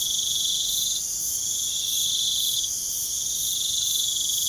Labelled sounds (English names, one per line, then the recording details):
none
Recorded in pastures near Puerto Asís, Putumayo, Colombia, on 24 June 2025 at 01:00
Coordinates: 0.497, -76.327
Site G040